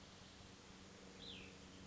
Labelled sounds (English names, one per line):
Cassin's Vireo